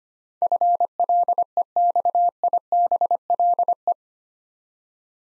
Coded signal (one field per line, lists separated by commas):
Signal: Morse code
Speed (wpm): 25 wpm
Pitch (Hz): 700 Hz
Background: none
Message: FLEXIBLE